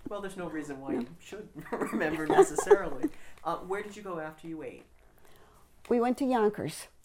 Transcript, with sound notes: Well, there's no reason why you should remember necessarily. (they laugh) Where did you go after you ate?
We went to Yonkers.